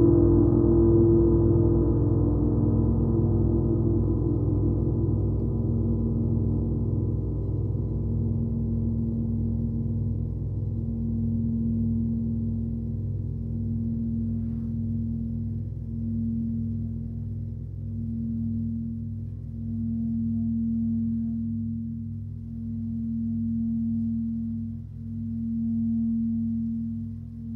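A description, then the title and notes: A planetary gong rings out in a long, low, dark wash that slowly fades over the whole stretch. One steady humming tone sits beneath it, pulsing in slow swells about every two to three seconds as the brighter shimmer dies away. Immersive sound bath using her signature planetary gongs that are tuned to the frequencies of each planet.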